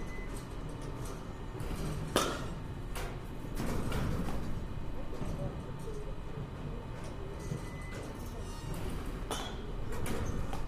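Batting cage ambience: sharp cracks ring out every few seconds, the loudest near two and nine seconds, with softer knocks between them. A steady low rumble and a murmur of voices carry on underneath the whole time.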